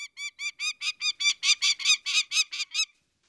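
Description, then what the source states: Prairie falcon call: a rapid series of many harsh, scratchy kek notes. Call said to be very similar to that of the peregrine falcon.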